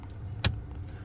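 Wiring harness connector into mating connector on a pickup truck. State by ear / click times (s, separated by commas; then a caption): seated / 0.4 s. A plastic wiring harness connector on a 2014 Ram 3500 pickup truck with the 6.7 Cummins, which won't start or cuts off while driving, is matched to its mating wire connector and plugged in by hand. After a few quieter handling sounds, a single loud, sharp pop at 0.4 s marks the connector seating fully.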